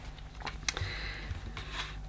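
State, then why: Seated. The motorised floor brush head of a Beldray Roller cordless vacuum cleaner, with its red button uppermost, is pushed by its three prongs into the three holes of the plastic connector. A few light taps lead up to a sharp click at 0.7 s as the head seats into position, followed by a softer knock around 1.6 s.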